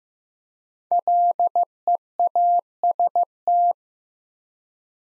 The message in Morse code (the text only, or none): LEAST